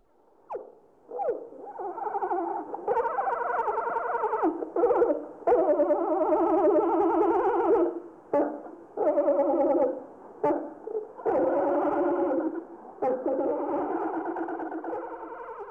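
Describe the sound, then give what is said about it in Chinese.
Wild giant pandas' courtship calls, recorded in the pandas' native habitat by Beijing Zoo senior veterinarian Zheng Jinzhang: a loud series of long, wavering, bleating moans with a rich, mid-pitched tone, broken by short pauses and sharp clicks, with no talking over them. “北京动物园高级兽医师郑锦章，他曾经到大熊猫的故乡考察，就录下了野生大熊猫谈恋爱时候的歌声，你听。”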